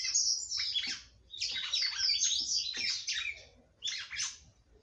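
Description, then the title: Red-cowled cardinal song: quick scratchy warbled phrases and high whistles in several bursts with brief pauses between; low hum underneath. "Galo De Campina"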